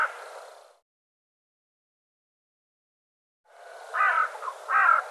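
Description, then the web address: Bird calling with harsh caws: one fading at the start, then after a long silence two rough caws close together. "cianscape birddata Deverinetal 2025"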